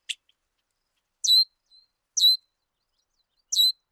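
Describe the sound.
Bird calls: a sharp tick, then three brief high chirps with layered overtones, roughly one each second; quiet background.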